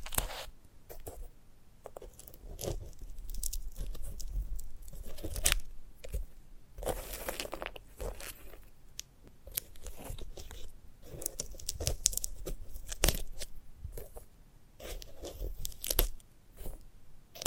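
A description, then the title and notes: Crisp crunching and tearing at a sunflower head, irregular dense crackles and snaps through the whole clip, with brief quieter pauses between bursts. ASMR of a Sunflower Head (No Talking).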